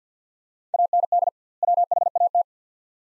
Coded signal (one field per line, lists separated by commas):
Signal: Morse code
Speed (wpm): 50 wpm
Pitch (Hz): 700 Hz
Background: none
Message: AND WHAT